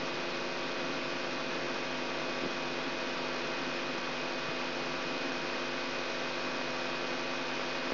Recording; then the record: brain microelectrode recording played as sound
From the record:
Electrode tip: outside the subthalamic nucleus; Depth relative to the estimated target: -4 mm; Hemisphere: right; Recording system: AlphaMap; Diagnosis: Parkinson's disease